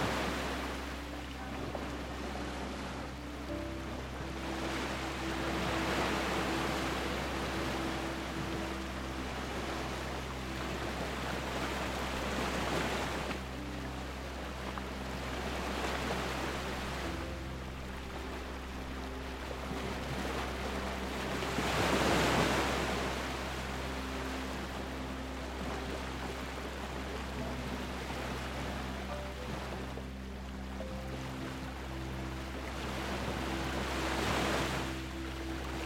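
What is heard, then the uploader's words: Ocean waves roll in and wash up the shore every few seconds, cresting near 22 seconds, over a steady low engine-like drone and faint tones. Gentle Ocean Waves with Piano.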